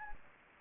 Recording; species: mosquito wingbeat signal from an infrared sensor; Anopheles gambiae